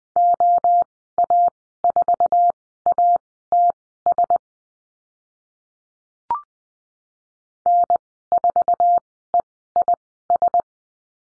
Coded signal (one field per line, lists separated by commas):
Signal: Morse code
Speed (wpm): 20 wpm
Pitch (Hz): 700 Hz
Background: none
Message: OA4ATS N4EIS